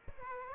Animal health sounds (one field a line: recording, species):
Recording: mosquito wingbeat signal from an infrared sensor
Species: Aedes aegypti